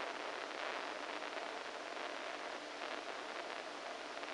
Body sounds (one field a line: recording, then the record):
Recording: brain microelectrode recording played as sound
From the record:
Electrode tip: inside the subthalamic nucleus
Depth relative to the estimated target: -1 mm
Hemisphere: right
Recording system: NeuroSet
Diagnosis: Parkinson's disease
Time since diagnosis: 14 years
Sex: male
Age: 51 years